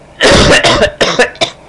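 A quick run of about five harsh, noisy coughs from an adult in under two seconds. The first is long and rough, and shorter, sharper bursts follow with brief pauses between them. It is a plain coughing fit, a sound effect.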